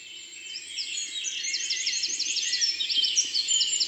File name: Troglodyte mignon Concerts Naturels de la Drome Studio les Trois Becs